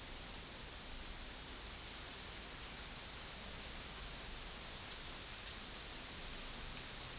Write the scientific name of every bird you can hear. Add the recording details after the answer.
none. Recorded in secondary vegetation near Puerto Asís, Putumayo, Colombia, on 20 February 2024 at 13:30. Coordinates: 0.481, -76.323. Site G6376